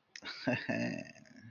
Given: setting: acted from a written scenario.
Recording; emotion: vocal sound without words; desire